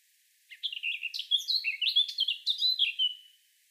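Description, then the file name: Eurasian blackcap song: a rapid, varied warbling phrase of high chirps and whistles lasting about three seconds, ending in clear fluty notes. "Sylvia atricapilla"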